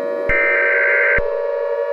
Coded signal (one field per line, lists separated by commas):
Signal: Emergency Alert System (SAME) tones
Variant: header bursts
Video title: EAS Scenario #40: Bunnyman Rampage: Gilead Insurgency